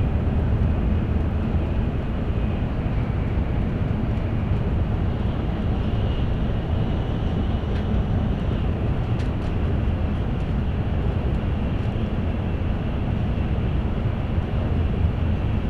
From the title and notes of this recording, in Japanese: 東海道新幹線 名古屋→豊橋 こだま号自由席。14号車に乗車しました。